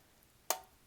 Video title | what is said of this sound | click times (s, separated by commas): 2021 Calendar Freebie Printable plus Assembly Instructions! | you can see this and just snap | 0.5 s